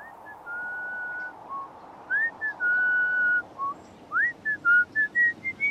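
Someone whistles a bright, marching melody, mixing sustained tones with quick short notes that climb and dip, over a steady low rumble with no talking.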